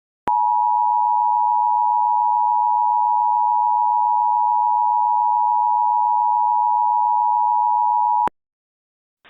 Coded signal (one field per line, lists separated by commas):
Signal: Emergency Alert System (SAME) tones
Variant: 853 and 960 Hz attention tone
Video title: El Lobo Negro and the River - an EAS Scenario/Audio Drama